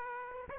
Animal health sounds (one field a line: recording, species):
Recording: mosquito wingbeat signal from an infrared sensor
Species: Aedes aegypti